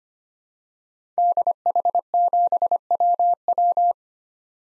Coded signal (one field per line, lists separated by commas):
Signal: Morse code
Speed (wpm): 25 wpm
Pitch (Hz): 700 Hz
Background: none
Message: DH7WW